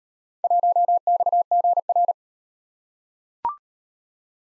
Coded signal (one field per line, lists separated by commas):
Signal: Morse code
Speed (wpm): 33 wpm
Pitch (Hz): 700 Hz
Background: none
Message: 1XGR